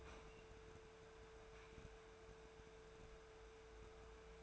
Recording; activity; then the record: daily activity, microphone in the room; open fridge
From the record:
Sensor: 2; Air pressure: 1014.8 hPa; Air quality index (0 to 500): 194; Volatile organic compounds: 17 ppm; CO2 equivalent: 2573 ppm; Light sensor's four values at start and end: 20/51/21/23 and 14/35/15/16